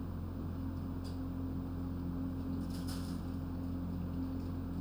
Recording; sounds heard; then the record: poultry house recording; no chicken sound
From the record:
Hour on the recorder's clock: 22